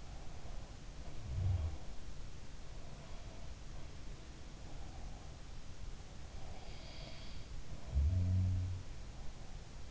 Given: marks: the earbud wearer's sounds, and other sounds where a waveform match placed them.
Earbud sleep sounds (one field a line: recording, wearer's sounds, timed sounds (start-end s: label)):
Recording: sounds in sleep by an in-ear microphone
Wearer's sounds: breath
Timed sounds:
0.00-1.94 s: breath
1.14-2.07 s: sound from someone else or the room
6.78-8.61 s: sound from someone else or the room